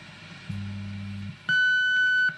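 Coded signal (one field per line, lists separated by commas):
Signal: radio time signal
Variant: WWV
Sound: faint low hum, then one steady high tone lasting under a second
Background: radio static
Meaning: The 0.8 second 1500 Hz tone marks the top of the hour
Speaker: at the tone 3 hours zero minutes coordinated universal time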